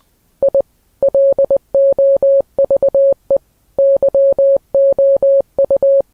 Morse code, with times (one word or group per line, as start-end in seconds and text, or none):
0.4-0.6 I
1.0-3.4 LOVE
3.8-6.0 YOU